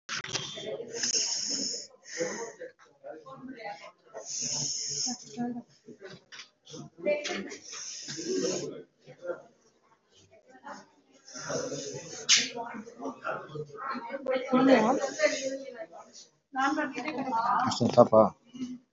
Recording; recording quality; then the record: shallow breathing; moderate, slight background noise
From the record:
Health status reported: recovered from COVID-19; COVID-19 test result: positive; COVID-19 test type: RT-PCR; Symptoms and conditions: cough, cold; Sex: male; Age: 40 years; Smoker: no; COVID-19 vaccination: both doses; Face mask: worn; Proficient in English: yes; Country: India